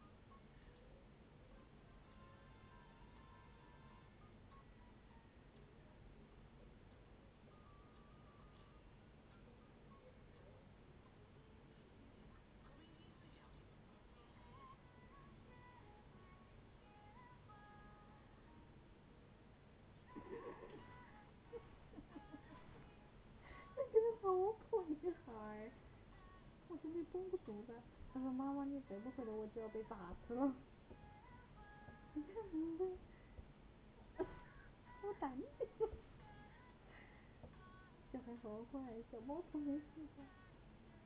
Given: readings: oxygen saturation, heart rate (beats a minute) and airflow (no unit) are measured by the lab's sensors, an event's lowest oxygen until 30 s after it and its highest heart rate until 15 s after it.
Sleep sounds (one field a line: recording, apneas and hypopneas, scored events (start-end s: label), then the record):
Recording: a person awake in a sleep study, by a voice recorder at the bedside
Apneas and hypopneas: none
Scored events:
0.00-41.06 s: awake
0.00-41.06 s: awake
From the record:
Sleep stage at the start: awake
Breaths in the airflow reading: 10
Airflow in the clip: -0.7 to 0.8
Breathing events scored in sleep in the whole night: 496 in 5.4 hours asleep